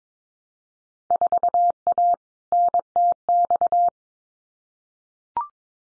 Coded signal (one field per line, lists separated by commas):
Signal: Morse code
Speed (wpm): 22 wpm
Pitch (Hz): 700 Hz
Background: none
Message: 4A NTX